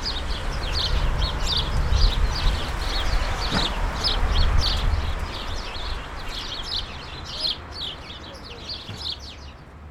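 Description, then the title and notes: Sparrows chirping in a lively overlapping chorus over loud low rumble, which fades in the second half. Countless sparrows gathered in a hedge on Urbanstraße, attracted by birdseed balls hung there by residents; recorded January 17, 2009. "urbanstraße: spatzen in einer hecke - the city, the country & me: sparrows in a hedge. unzählige spatzen, angelockt von meisenknödeln, die von anwohnern in einer hecke angebracht wurden. january 17, 2009"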